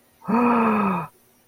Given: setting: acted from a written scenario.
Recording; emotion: vocal sound without words; triumph